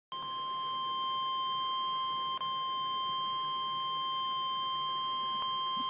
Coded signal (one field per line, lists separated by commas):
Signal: Emergency Alert System (SAME) tones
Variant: 1050 Hz attention tone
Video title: REAL EAS 942-SVA